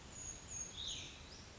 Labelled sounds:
Brown Creeper (Certhia americana)
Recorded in Sonoma County, California

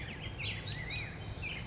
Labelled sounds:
Black-headed Grosbeak (Pheucticus melanocephalus)
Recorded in Sonoma County, California

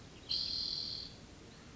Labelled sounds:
Spotted Towhee (Pipilo maculatus)
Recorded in Sonoma County, California

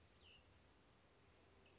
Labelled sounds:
Cassin's Vireo (Vireo cassinii)
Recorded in Sonoma County, California

